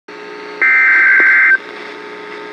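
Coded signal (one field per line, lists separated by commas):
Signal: Emergency Alert System (SAME) tones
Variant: header bursts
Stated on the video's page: Tornado warning SAME alert received from NOAA Weather Radio.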